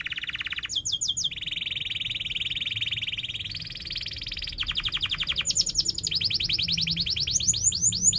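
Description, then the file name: Canary trilling in a continuous chain of tours, a long flat buzz giving way to quicker, higher pulsed rolls and sharp chirps. Canary singing vigorously (gacor) with chirping 'cuit cuit' notes and sharp rolling trills (ngerol tajam). "Suara Kenari Gacor Cuit Cuit Ngerol Tajam"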